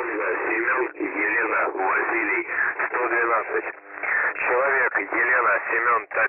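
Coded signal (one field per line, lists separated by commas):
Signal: coded military voice message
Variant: The Pip (S30), Russian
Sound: a male voice speaking continuously over a narrow, muffled shortwave radio channel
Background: radio static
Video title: The Pip voice message (December 21, 2020 07:42 UTC)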